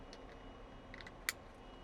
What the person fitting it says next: hear the click